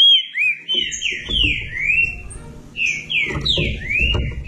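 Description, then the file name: Green-winged saltator song: a run of clear, slurred whistled notes, rising and falling in quick succession, with low rumbling background noise beneath. "canto do trinca ferro"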